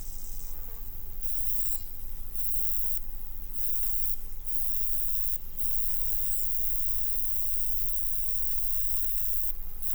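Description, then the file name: Roesel's bush-cricket song, a high unbroken buzz that swells in several short surges, over low rumbling background noise and a few faint chirps. 24 July 2016 at Buchhorst around 10:20, sunny and dry, about 30 °C, wind force 2 Beaufort. "160724 roebushcrick 1020 h 30 C W 40 2 BFT SUN DRY buchhorst"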